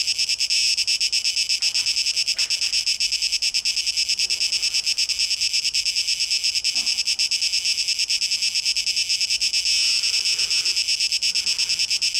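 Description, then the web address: Cicadas giving a high, rapidly pulsing buzz, steady throughout, with faint soft lower sounds underneath. Cicadas, 12 August 2023. "rauschpartikel 2023-08-12 Zikaden"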